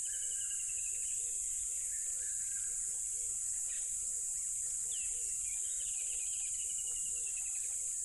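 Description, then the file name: Cricket chorus as a dense, unbroken high buzz, with a low call repeated steadily throughout and scattered bird notes above. Loud crickets beside a tropical river. "smartsound ATMO NATURE Tropical River Loud Crickets"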